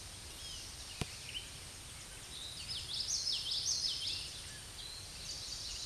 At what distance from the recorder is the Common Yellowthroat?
about 25 m